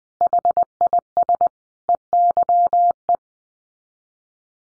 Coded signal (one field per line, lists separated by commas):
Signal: Morse code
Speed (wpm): 20 wpm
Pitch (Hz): 700 Hz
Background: none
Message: HIS EYE